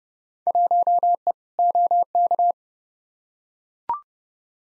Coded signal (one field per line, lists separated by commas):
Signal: Morse code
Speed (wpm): 31 wpm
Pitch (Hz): 700 Hz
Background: none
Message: 1E OK